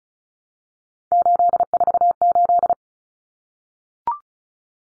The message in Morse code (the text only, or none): 848